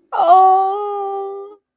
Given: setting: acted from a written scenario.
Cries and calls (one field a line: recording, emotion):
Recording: vocal sound without words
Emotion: negative surprise